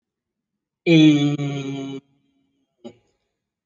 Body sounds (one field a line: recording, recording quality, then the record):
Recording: sustained vowel as in made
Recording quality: excellent, no background noise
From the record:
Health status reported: exposed to COVID-19, no respiratory illness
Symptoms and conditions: none ticked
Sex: male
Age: 37 years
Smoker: not ticked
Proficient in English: yes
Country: India